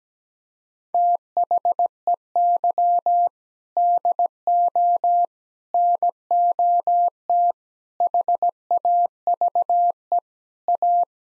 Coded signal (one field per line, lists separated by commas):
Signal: Morse code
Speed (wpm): 17 wpm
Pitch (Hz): 700 Hz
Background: none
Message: THEY DO NOT HAVE A